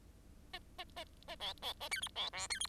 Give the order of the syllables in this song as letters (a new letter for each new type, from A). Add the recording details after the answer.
A A A A B B A C D B E C D. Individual Bird10